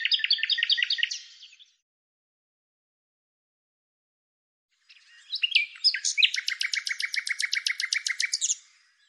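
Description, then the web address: Bird singing two phrases: a short trill of quick notes, then a pause and a longer run of rapid, bright repeated notes. "Deverinetal 2025"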